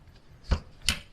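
A wheel on the other side of a BOB Gear Revolution Flex 3.0 jogging stroller is lined up and pushed into its mount on the stroller frame. A soft thump near 0.5 s is followed by a sharp click at 0.9 s as the wheel seats in the mount.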